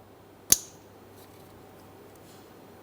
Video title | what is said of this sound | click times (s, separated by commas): How to Replace Oil Pressure Switch 2007-2013 Acura MDX 3.7L V6 | continuing on we have our electrical connector we're going to align the Locking tab press it in listen for our click and double check to make sure that's secure as well | 0.5 s